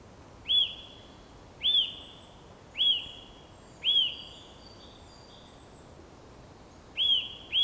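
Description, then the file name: Eurasian nuthatch calling, a clear rising-then-falling whistled note repeated about every second, six calls in all with a long gap before the last two. "Sitta europaea"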